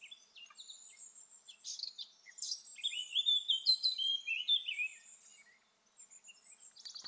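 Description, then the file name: Eurasian blackcap song: soft chattering notes build into a loud run of clear, fluty whistles falling in pitch, then quieter high notes. "Sylvia atricapilla"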